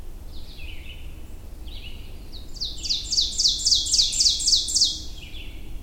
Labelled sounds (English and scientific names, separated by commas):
Ovenbird (Seiurus aurocapilla) song